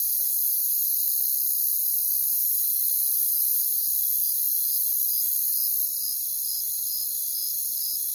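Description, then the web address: Crickets in a shrill continuous chorus, with one cricket's short chirps repeating about twice a second, becoming clearer over the second half. "Nature Songs Nature Sounds Sounds of Nature Collection Crickets"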